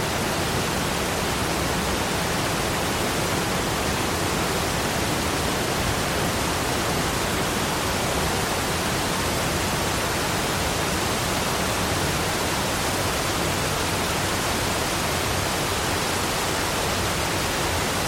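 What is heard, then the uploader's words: Falling water of a waterfall pours in a steady, dense rush that never lets up, covering low rumble through bright hiss evenly. The level holds constant for the whole stretch, with no distinct splashes or other sounds standing out. Tranquil Waterfall Sounds Serene Cascades.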